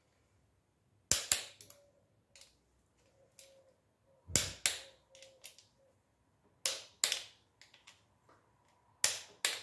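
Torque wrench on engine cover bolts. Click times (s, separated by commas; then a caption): 1.1 s, 4.4 s, 7.0 s, 9.0 s. A small torque wrench set to 10 Nm tightens the engine cover bolts on a Touareg V10 one by one, working around the cover for even tightening. Sharp metallic clicks ring out at 1.1, 4.4, 7.0 and 9.0 seconds as the wrench reaches its setting on each bolt, with lighter ratcheting ticks in between. Each bolt is confirmed torqued to the setting.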